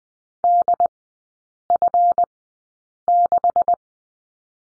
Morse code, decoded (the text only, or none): DF6